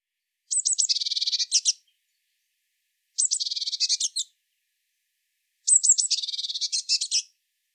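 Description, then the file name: Eurasian blue tit scolding calls: three high bouts of fast buzzy churr, the first and third opened by a few sharp thin notes, repeated about every two and a half seconds. "Cyanistes caeruleus"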